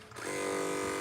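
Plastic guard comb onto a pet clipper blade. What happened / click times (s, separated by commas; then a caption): Handled, not yet home: no seating snap of the clipper attachment is heard / none. A size-two plastic guard comb is handled as it is fitted onto a pet clipper blade, with a brief faint tick at about 0.1 s before a steady, loud buzzing hum builds by 0.3 s and holds to the end. Nothing has seated or clicked yet.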